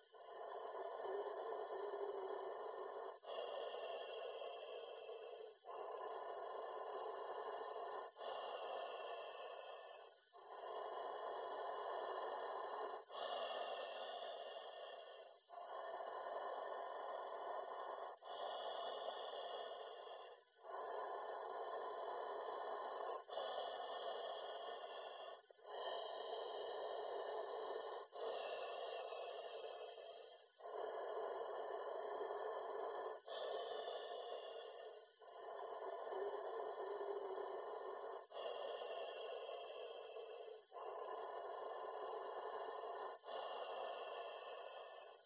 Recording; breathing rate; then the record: paced breathing near a phone; 12 breaths a minute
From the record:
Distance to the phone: 40 cm